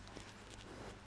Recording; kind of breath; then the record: one breath in and out by a microphone near the nose and mouth; strong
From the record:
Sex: male